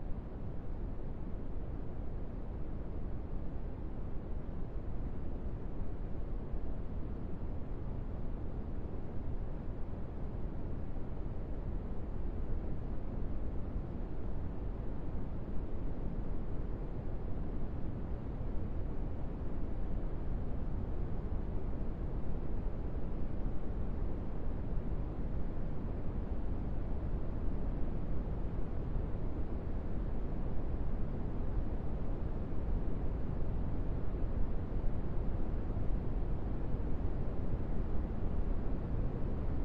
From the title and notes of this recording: Smoothed Brown Noise 8-Hours - Remastered.